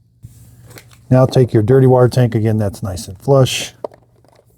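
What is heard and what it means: A plastic dirty water tank is handled against the base station of a Roborock Curv 2 Flow robot vacuum, to be pushed in until flush, while someone talks. A few faint, short handling taps sound near 0.8, 0.9, 3.9 and 4.3 seconds. The tank has not seated or clicked into place yet.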